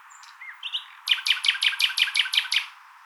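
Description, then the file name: Common nightingale song: a few thin whistled and slurred notes, then a rapid run of about nine loud, sharp, evenly repeated notes. "Luscinia megarhynchos"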